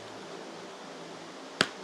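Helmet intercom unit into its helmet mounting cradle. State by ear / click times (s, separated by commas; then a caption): seated / 1.6 s. A Cardo motorcycle intercom unit is pushed onto its plastic mounting cradle on an Arai RX-7X helmet until it latches. Over a steady low hiss, a single sharp, short click sounds at 1.6 s. The unit is seated in the mount.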